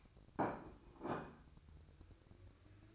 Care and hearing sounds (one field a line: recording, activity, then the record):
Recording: daily activity, microphone in the room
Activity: place plate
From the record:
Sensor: 2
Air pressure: 1007.3 hPa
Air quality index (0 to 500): 39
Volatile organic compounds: 1 ppm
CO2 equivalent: 537 ppm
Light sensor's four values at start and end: 6/15/6/6 and 6/15/6/6